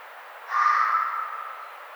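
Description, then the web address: Red fox call: a lone harsh scream that starts abruptly, is held, then fades out, backed by continuous hiss. Recorded on 1 May 2009. "Red Fox 2009 05 01 Red Fox"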